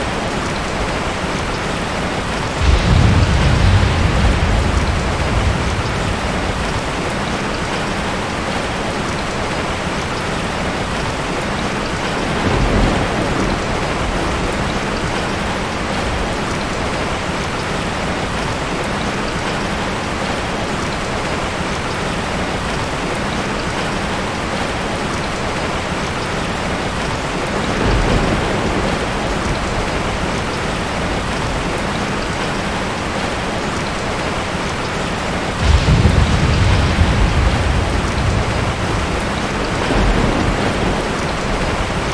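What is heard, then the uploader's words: Steady, dense rain patters all around, with low rumbles of thunder rolling in near the start, around thirteen and twenty-eight seconds, and again near thirty-six. Rain falls around you as you rest on your back porch. The ambient crashing of raindrops and occasional rolling thunder surround you.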